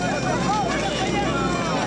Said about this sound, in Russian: Рабочие бегут тушить горящую крышу. Едет пожарная.